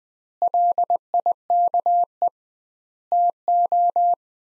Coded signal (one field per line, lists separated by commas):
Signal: Morse code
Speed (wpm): 20 wpm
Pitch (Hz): 700 Hz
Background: none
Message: LIKE TO